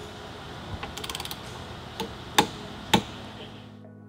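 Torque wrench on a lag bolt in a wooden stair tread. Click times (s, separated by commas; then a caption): 2.4 s, 2.9 s. A torque wrench set to 60 ft-lb drives lag bolt number three into a wooden Viewrail Endurance stair tread during final tightening. A run of soft ratchet ticks comes first, followed by two loud, sharp clicks at 2.4 s and 2.9 s. The wrench clicks twice, showing the bolt has reached the set torque.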